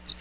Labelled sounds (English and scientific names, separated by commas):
Magnolia Warbler (Setophaga magnolia) flight call